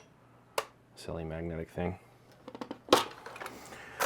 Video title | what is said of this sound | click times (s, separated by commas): AIO Cooler Swap on iBuyPower Tower | snap in place | 0.6 s